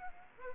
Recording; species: mosquito wingbeat signal from an infrared sensor; Anopheles arabiensis